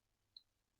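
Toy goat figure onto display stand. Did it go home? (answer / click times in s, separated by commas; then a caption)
no / none. A small plastic brick-built minifigure goat from Lego Collectible Minifigures Series 25 is pressed onto its plastic display stand. Against a quiet background, a single brief, faint high-pitched tick is heard at 0.4 s. The goat does not lock on, and nothing has clicked into place.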